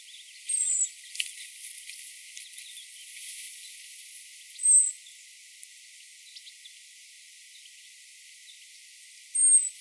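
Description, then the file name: European robin uttering three high, thin, slightly falling call notes spread throughout over a soft hissing background with faint crackles. "Erithacus rubecula"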